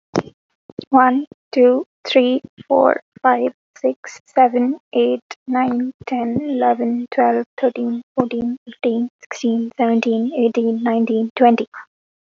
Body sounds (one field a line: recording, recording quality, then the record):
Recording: counting at a normal pace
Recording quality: excellent, no background noise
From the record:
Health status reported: COVID-19 positive, no symptoms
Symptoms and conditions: none ticked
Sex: female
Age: 20 years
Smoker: not ticked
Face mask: not worn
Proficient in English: yes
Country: India